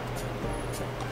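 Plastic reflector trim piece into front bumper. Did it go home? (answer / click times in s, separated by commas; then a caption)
no / none. A painted plastic iND reflector trim piece is pressed by hand into the front bumper of a BMW M240i, where its clips only mold in rather than snap. Only a steady low hum with faint brief hiss bursts is heard, with no click or snap. The clip ends before the piece goes home, so nothing has seated yet.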